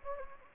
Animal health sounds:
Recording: mosquito wingbeat signal from an infrared sensor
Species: Anopheles gambiae

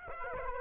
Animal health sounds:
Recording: mosquito wingbeat signal from an infrared sensor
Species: Aedes aegypti

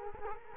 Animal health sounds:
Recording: mosquito wingbeat signal from an infrared sensor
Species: Culex quinquefasciatus

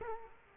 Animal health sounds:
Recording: mosquito wingbeat signal from an infrared sensor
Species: Culex quinquefasciatus

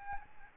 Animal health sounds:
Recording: mosquito wingbeat signal from an infrared sensor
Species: Aedes albopictus

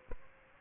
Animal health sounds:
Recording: mosquito wingbeat signal from an infrared sensor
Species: Culex pipiens

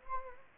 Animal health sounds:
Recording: mosquito wingbeat signal from an infrared sensor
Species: Anopheles gambiae

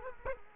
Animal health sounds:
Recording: mosquito wingbeat signal from an infrared sensor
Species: Culex quinquefasciatus

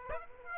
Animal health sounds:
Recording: mosquito wingbeat signal from an infrared sensor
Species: Aedes aegypti

